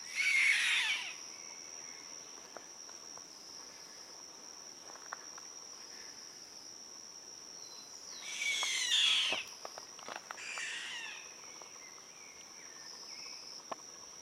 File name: canto do chimango